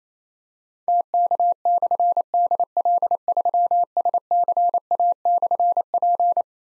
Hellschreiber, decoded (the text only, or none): none